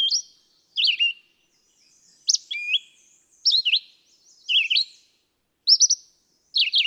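Red-eyed vireo song, crisp whistled phrases changing shape from one to the next, some rising, some dropping, given about once a second.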